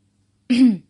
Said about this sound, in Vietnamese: Cho nên nàng ho một tiếng.